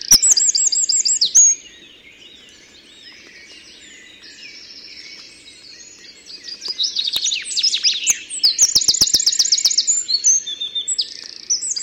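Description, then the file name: Eurasian wren song: loud, high, rapid trills and twittering bursts, a pause of softer chatter, then another long run of fast, hammering trills. "Troglodytes troglodytes"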